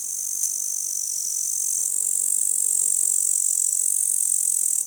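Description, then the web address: Grasshopper stridulating in a steady, unbroken high-pitched hiss that holds almost level throughout and swells slightly partway through. Recorded close up in a meadow during the day. "Soulframe Sounds Ambience Meadow Day Animals Meadow Close Grasshopper"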